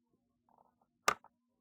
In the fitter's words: snap that's it